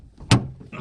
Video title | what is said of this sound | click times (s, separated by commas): Заміна замка багажника 5NA827506 Volkswagen Tiguan 2020 Trunk lock replacement VW VAG How to replace | додав воно зафіксувалося тепер можна прикрутити гайки назад | 0.3 s